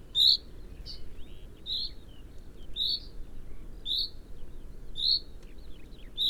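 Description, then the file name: Common chaffinch giving a steady series of short high call notes about every second, with faint thin chirps between and a noisy low rumble beneath. "Fringilla coelebs"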